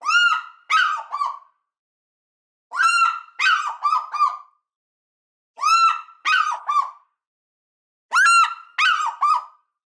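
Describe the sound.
African fish eagle calls: four ringing yelping bursts, each a long clear note followed by two or three shorter falling yelps, repeated about every two and a half seconds.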